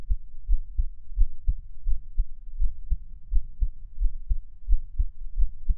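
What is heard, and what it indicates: Soft, deep lub-dub heartbeats repeat steadily with a regular rhythm, about 85 beats a minute, and no other sounds between beats. A normal adult heartbeat heard close up, with no talking.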